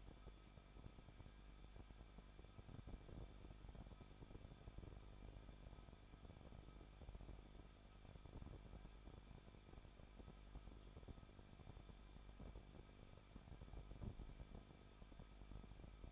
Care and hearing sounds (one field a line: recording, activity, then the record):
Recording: daily activity, microphone in the room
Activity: no activity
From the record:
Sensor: 5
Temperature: 20.8 degrees Celsius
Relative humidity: 38.5%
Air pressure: 1006.5 hPa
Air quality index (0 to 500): 191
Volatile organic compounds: 20 ppm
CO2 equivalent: 2689 ppm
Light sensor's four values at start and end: 2/3/1/1 and 2/3/1/1